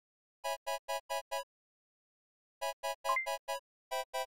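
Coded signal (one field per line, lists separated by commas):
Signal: none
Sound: synthesizer music beeps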